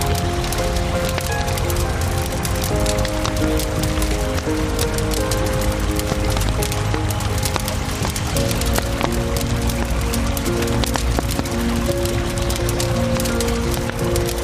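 A campfire by the Isar crackles with dense, constant snaps and pops, spread evenly across the whole recording. Beneath them runs a steady rushing wash of flowing water, and faint sustained low tones drift through without a break.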